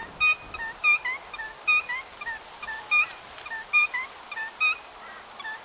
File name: BIRD NOISY FRIAR CALL